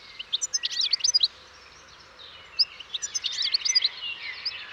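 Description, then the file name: European goldfinch: finch twittering song in two short bursts of quick tinkling chirps and trills separated by a brief quieter gap. "Carduelis carduelis"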